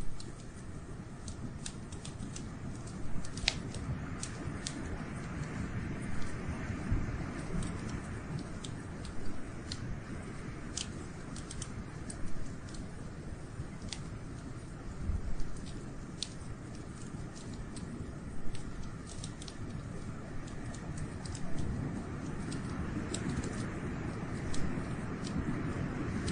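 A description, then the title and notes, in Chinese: A fire burns on a rainy day, its crackles coming as sharp, dry snaps scattered irregularly through the whole clip, several every few seconds. Beneath them runs a steady, dense, low rushing wash that never lets up. 下雨天的烤火声。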